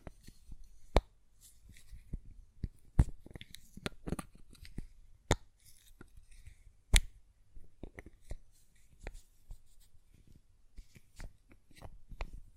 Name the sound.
Glass Perfume Bottle Tapping & Lid Sounds